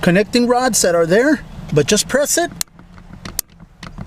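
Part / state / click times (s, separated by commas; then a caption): airbag/horn cover into steering wheel / seated / 3.3 s, 3.4 s. Someone talks while pressing the center airbag/horn cover into an aftermarket Vicrez steering wheel on a Dodge Charger, pushing against resistance from two connecting rods. Sharp clicks at 3.3 s and 3.4 s mark the cover seating in place.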